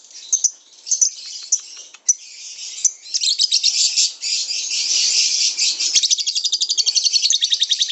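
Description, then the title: Lovebird song starting with separate high squeaks, then building into loud continuous chatter that ends in a rapid, rhythmic pulsing trill. Training (masteran) recording for lovebirds. "MASTERAN BURUNG 2. LoveBird"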